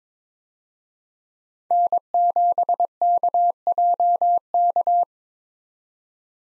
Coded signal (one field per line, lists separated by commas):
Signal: Morse code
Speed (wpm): 21 wpm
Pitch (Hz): 700 Hz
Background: none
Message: N7KJK